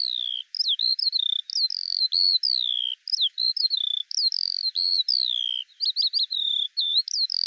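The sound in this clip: Eurasian skylark singing a fast unbroken stream of high warbled notes, downslurred whistles and quick twitters, flowing on without a break.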